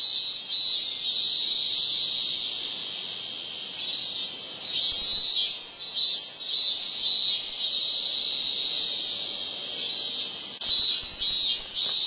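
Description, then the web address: Min-min cicada song, a loud high-pitched buzz pulsing in repeated swells and dips, roughly every two-thirds of a second through the middle stretch and again near the end. "~kohsei hotaru ikimono doubutu minminzemi"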